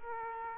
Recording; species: mosquito wingbeat signal from an infrared sensor; Culex quinquefasciatus